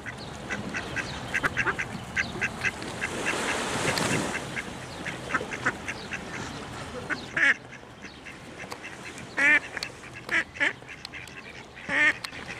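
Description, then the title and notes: Duck calls, short nasal notes scattered through the first half, then clearer separate quacks near the end, over a steady rushing background noise. Several ducks calling on Menorca. "Ente ruft. Menorca Enten rufen"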